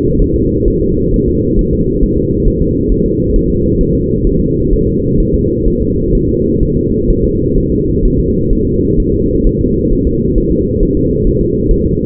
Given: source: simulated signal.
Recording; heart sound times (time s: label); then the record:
fetal heart sounds
0.22 s: S1
0.36 s: S2
0.68 s: S1
0.82 s: S2
1.14 s: S1
1.28 s: S2
1.59 s: S1
1.73 s: S2
2.03 s: S1
2.18 s: S2
2.47 s: S1
2.62 s: S2
2.92 s: S1
3.06 s: S2
3.36 s: S1
3.50 s: S2
3.81 s: S1
3.95 s: S2
4.27 s: S1
4.41 s: S2
4.73 s: S1
4.87 s: S2
5.20 s: S1
5.34 s: S2
5.68 s: S1
5.82 s: S2
6.15 s: S1
6.29 s: S2
6.63 s: S1
6.77 s: S2
7.10 s: S1
7.25 s: S2
7.58 s: S1
7.72 s: S2
8.05 s: S1
8.20 s: S2
8.53 s: S1
8.67 s: S2
9.00 s: S1
9.14 s: S2
9.46 s: S1
9.61 s: S2
9.93 s: S1
10.07 s: S2
10.38 s: S1
10.52 s: S2
10.83 s: S1
10.97 s: S2
11.27 s: S1
11.41 s: S2
11.71 s: S1
11.85 s: S2
From the record:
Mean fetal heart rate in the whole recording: 130 bpm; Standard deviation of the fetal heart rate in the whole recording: 4 bpm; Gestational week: 38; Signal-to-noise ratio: -10.2 dB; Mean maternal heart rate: 72 bpm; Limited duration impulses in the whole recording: present